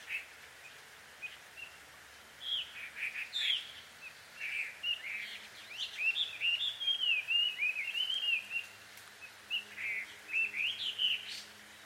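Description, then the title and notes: Bird calls, a busy run of short chirps and squeaky slurred notes tumbling over one another for several seconds, over a steady hiss of background noise. Bird pair quarrelling at dusk in Takao, Japan. "鳥の夫婦喧嘩 – Birds Quarrel At Dusk. Recorded in Takao Japan"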